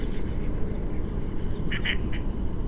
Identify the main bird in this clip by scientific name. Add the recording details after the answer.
Anas platyrhynchos. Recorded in Germany. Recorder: ecoPi